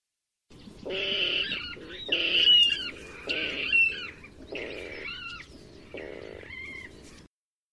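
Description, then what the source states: Water rail squealing in several drawn-out, harsh, wheezy bursts, some ending in higher bent whistles, fading slightly toward the end. Played back for a survey protocol in France.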